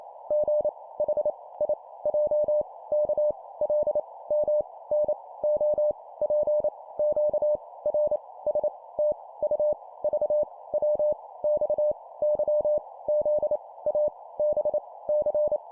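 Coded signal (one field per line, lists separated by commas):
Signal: Morse code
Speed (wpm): 28 wpm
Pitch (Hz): 600 Hz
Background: none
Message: G H I J K L M N O P Q R S T U V W X Y Z A B C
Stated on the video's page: Computer-generated 25 wpm Morse practice drill of random letters.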